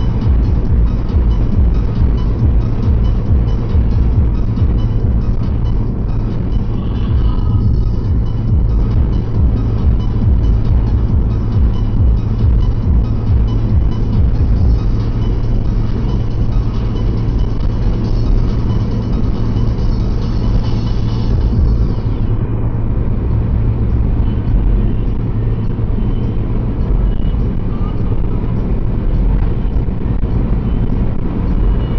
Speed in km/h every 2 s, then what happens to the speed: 114, 114, 112, 110, 110, 109, 112, 112, 112, 112, 112, 112, 112, 114, 115, 114.
0-32 steady at about 112.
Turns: none.